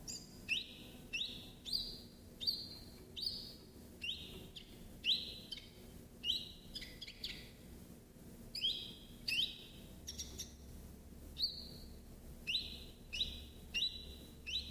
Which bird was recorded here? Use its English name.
Common Chiffchaff